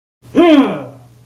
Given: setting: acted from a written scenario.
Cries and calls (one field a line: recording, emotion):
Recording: vocal sound without words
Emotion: triumph